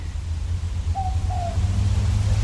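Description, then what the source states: Southern Boobook giving a two-note hoot, 'mo-poke', the second note slightly lower, faint against continuous low rumbling noise. Call likened to 'mopoke' or 'boo book'; began calling about half an hour after sunset on a still evening in the Dandenong Ranges, east of Melbourne, Australia.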